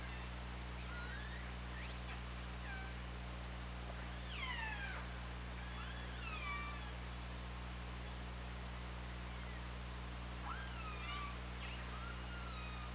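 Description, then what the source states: Killer whale calls, several harmonic calls that sweep up and down in pitch, some rising sharply then falling, over constant low hydrophone hum. Recorded by OrcaLab hydrophone on 24 August 2017.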